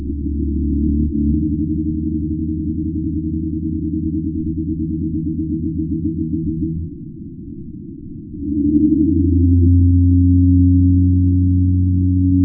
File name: pygmy blue whale